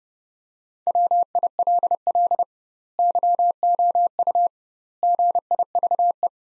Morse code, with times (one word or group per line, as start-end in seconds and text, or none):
0.9-2.4 WILL
3.0-4.5 YOU
5.0-6.3 GIVE